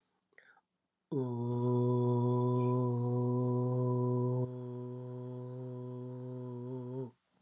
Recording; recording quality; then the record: sustained vowel as in boot; excellent, no background noise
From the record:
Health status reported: healthy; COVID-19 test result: not tested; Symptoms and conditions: none ticked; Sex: male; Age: 44 years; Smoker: not ticked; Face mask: not worn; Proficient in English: yes